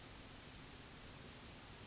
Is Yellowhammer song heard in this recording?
no